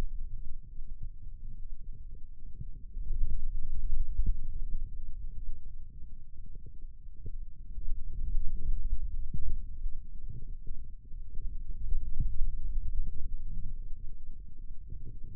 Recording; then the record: forearm muscle sounds (acoustic myography)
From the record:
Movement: finger pinch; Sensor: system 2, bracelet of six BSWA MPA416 microphones around the upper forearm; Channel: 2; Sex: male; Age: 22 years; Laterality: right